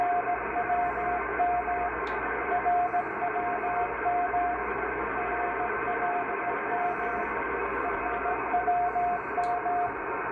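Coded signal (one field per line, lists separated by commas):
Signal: radio time signal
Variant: RWM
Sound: faint keyed tone around 700 Hz in dash-like segments over steady radio hiss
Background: radio static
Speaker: 9996 rwm Moscow time signal on the MLA 30 Loop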